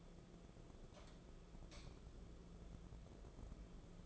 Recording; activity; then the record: daily activity, microphone in the room; light on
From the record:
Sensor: 5